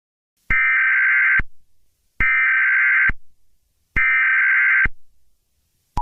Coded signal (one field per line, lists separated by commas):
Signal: Emergency Alert System (SAME) tones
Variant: header bursts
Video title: Zombieish Disease EAS